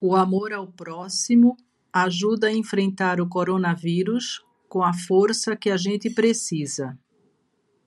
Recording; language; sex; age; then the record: spoken sentence; Brazilian Portuguese; female; 60 to 69 years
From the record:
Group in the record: control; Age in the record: 63 years